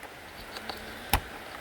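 A straight pick pushes down the small locking flap on a plastic locking clip of an engine bay connector on a Genesis Sedan V8, then the clip is pulled out. A faint tick comes at 0.7 s, and a sharp, bright click at 1.1 s as the lock clip pops out and releases.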